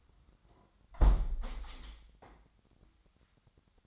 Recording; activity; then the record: daily activity, microphone in the room; close window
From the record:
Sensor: 3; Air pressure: 998.0 hPa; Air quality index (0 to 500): 138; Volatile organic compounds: 4 ppm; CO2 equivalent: 1643 ppm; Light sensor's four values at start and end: 15/42/17/16 and 15/42/17/16